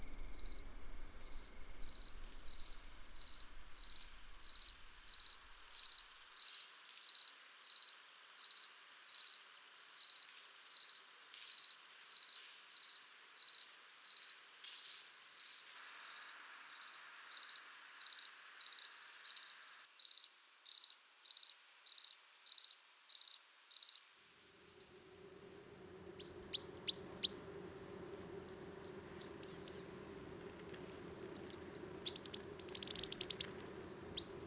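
An outdoor soundscape from the south of France. For the first twenty-four seconds a cricket trills in steady, high pulses about twice a second, then stops and birds chirp and twitter brightly over a low, steady hum.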